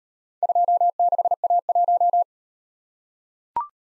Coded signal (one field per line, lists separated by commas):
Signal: Morse code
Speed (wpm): 38 wpm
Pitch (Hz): 700 Hz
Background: none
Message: 26A1